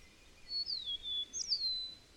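A bird whistles two thin high phrases, each dipping and sliding, over a steady background hiss.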